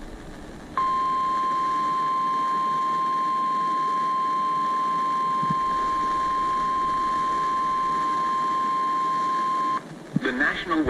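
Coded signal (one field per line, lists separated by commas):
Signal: Emergency Alert System (SAME) tones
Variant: 1050 Hz attention tone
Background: speech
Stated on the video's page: Real severe weather alerts.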